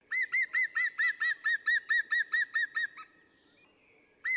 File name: Grünspecht